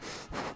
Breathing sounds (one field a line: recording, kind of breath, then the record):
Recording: one breath in and out by a microphone near the nose and mouth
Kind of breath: strong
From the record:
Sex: male